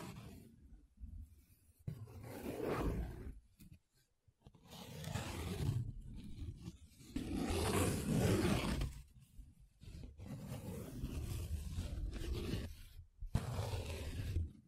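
Paper being rubbed, scratched and traced in bursts of a second or two, with short silent gaps between them. The strokes are rough and grainy, with a low rumbling body and a bright hiss. The longest, densest stretch comes around seconds seven to nine.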